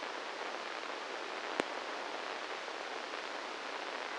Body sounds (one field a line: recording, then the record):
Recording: brain microelectrode recording played as sound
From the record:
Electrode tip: inside the subthalamic nucleus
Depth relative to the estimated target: -1 mm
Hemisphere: right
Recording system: NeuroSet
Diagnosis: Parkinson's disease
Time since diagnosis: 8 years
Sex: male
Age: 58 years